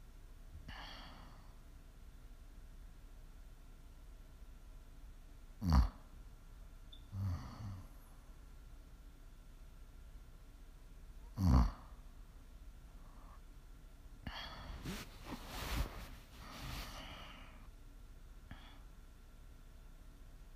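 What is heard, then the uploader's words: Snoring sounds come in uneven bursts: two sharp snorts near 6 and 12 seconds, softer breaths between, and a rougher, longer stretch around 15–17 seconds. ASMR snoring.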